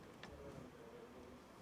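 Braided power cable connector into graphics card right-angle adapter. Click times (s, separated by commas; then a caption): 0.2 s. A braided power cable connector is pressed onto a right-angle connector on an MSI Gaming X Trio RTX 4090 graphics card. It clicks into place at 0.2 s with a short, sharp snap over a steady low hum. The connector is seated.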